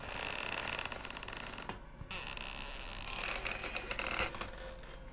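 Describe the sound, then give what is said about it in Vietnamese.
An old, long-unused door to a room creaks open with a loud, grinding, ratchety scrape that runs for about five seconds. It eases briefly near the middle before scraping on. No voices. “Cánh cửa có lẽ cũng lâu ngày rít lên những tiếng ken két đến đáng sợ.”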